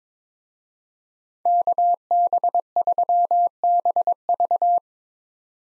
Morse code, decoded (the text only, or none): KB3BV